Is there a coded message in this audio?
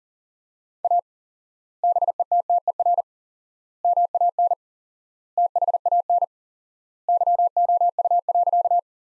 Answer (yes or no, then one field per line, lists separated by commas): yes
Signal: Morse code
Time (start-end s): 0.8-8.8 s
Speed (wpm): 40 wpm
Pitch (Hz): 700 Hz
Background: none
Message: A BETTER MAN THAN YOU.